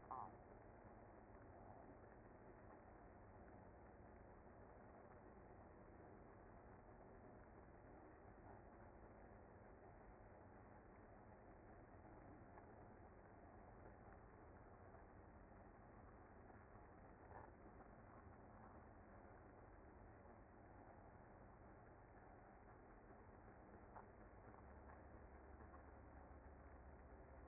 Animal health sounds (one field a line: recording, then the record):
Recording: honeybee colony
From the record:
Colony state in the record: active